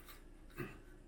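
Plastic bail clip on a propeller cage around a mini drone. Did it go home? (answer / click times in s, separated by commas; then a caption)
no / none. Plastic bail clips on a protective propeller cage around a small Mavic Mini quadcopter drone are handled as they are locked, with a soft rubbing, rasping sound and a brief fuller burst around 0.6 seconds over a low, steady background. Nothing has seated or snapped home yet.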